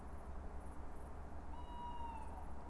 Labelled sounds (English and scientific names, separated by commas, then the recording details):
Tawny Owl (Strix aluco)
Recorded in Germany
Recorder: ecoPi